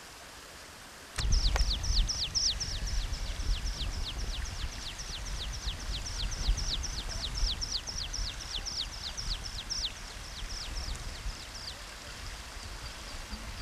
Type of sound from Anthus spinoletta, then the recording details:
call. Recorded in the wild. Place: Grindelwald, Bern, CH. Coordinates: 46.6561, 8.05333. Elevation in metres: 2174. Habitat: mountains. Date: 1979-06-09. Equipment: Uher 4000 Report, Sennheiser MKH 815 T. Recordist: Tretzel, Erwin